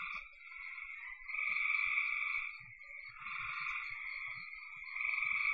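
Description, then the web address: Frog chorus of high, buzzy overlapping calls that swell and fade in waves, with faint low knocking sounds beneath. "cn frogs"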